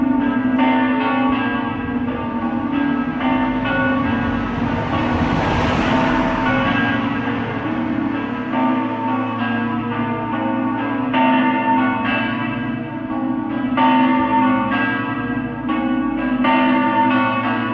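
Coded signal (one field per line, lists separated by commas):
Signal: bell signal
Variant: Friulian battiore and dopli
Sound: several large church bells ringing continuously in overlapping rhythmic strikes with long resonance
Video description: Battiore sul campanone e dopli con le tre maggiori delle 17:30 per la Messa festiva delle 18:00.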